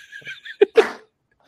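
A short voiced intake builds into one abrupt, explosive sneeze from an adult that trails off within about a second.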